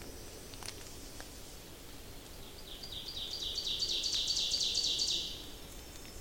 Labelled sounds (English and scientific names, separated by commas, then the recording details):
Ovenbird (Seiurus aurocapilla) song
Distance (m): 45 m
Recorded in boreal forest in Alberta, Canada, on 28 May 2016 at 07:28
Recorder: SongMeter 3, array SBT-3-49
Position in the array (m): 85 m, 154 m
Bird 15